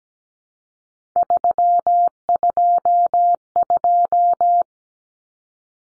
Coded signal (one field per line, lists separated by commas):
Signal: Morse code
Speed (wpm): 17 wpm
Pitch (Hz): 700 Hz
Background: none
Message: 322